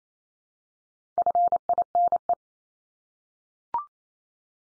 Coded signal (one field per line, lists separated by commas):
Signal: Morse code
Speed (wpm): 28 wpm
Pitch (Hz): 700 Hz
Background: none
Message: FINE